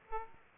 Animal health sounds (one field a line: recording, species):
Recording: mosquito wingbeat signal from an infrared sensor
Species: Aedes aegypti